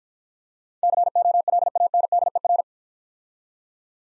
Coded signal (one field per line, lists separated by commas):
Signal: Morse code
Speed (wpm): 50 wpm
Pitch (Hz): 700 Hz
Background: none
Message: COLANDER